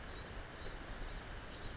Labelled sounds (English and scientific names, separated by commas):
Blue-gray Gnatcatcher (Polioptila caerulea)